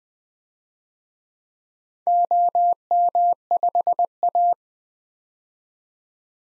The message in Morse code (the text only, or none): OM5A